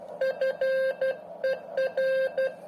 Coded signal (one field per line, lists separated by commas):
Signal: Morse code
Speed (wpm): 12 wpm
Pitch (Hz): 530 Hz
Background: none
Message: FER